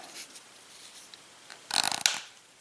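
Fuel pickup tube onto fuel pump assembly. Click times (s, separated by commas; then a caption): 2.1 s. A fuel pickup tube is pushed back onto the fuel pump assembly during reassembly. After a quiet stretch and a faint tick near 1.5 s, a rapid burst of plastic-like rattling and scraping clicks runs from about 1.7 to 2.2 s. The sharpest, loudest click at 2.1 s is the tube snapping home and seating on the pump.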